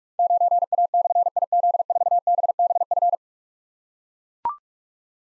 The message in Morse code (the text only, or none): 9A/IZ4BBF